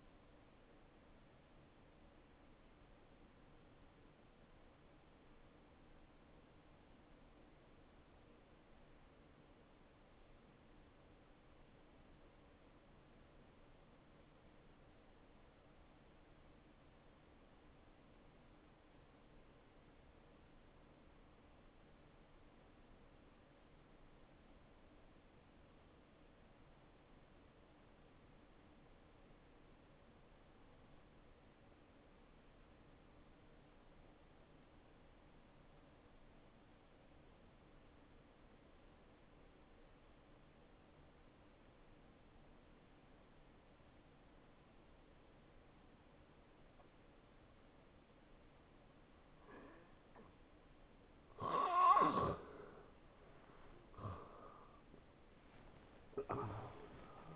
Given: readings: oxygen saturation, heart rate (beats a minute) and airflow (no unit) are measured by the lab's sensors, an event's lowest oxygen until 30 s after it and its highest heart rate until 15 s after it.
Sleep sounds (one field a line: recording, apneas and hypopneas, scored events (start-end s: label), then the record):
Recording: breathing in sleep by a voice recorder at the bedside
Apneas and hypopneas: 1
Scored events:
7.00-52.70 s: obstructive apnea (N1, oxygen 95% highest, then 80% lowest, heart rate 70 at the start, 86 highest)
13.00-43.00 s: new sleep stage, N2 (light sleep)
43.00-57.36 s: new sleep stage, N1 (lightest sleep)
From the record:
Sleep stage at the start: N1 (lightest sleep)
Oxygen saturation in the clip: 82 to 95%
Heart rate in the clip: 53 to 77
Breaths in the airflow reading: 4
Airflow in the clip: -14.6 to 10.9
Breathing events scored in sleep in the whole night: 263 in 5.5 hours asleep